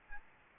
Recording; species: mosquito wingbeat signal from an infrared sensor; Aedes albopictus